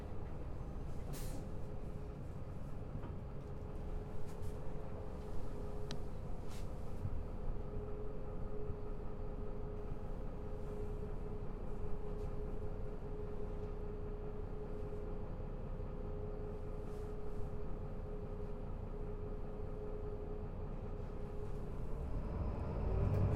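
A bus runs with a steady low engine rumble and a faint whine, with occasional short clicks and rattles, getting louder near the end.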